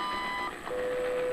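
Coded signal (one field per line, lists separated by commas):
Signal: radio time signal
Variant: WWV and WWVH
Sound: two overlapping steady beeps at about 1000 and 1200 Hz, then a steady 500 Hz tone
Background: radio static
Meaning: The 1000 Hz tone is WWV's marker and the 1200 Hz tone is WWVH's, heard at once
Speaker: so you can hear tones both tones flashing at the same time now these two am signals don't Clash the way you would think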